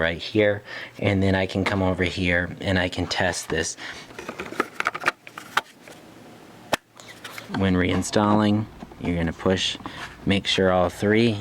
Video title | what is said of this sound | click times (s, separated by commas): FUSE BOX Relay LOCATION Chevy Traverse 2009 2010 2011 2012 2013 2014 2015 2016 2017 Chevrolet | all three areas see I was missing one so you'll push in all three areas where the locks are make | 5.6 s, 6.7 s